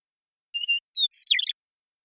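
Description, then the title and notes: Western meadowlark singing a wavering whistle and a short clear note, then a rapid burst of bubbling, jumbled notes that tumble downward. Song, contact calls and flush; recorded in the Pacific Northwest, Washington, United States. "Western Meadowlark, Sturnella neglecta, song, contact calls, and flush, family: Troupials and Allies Recorded in the beautiful Pacific Northwest in Washington, United States"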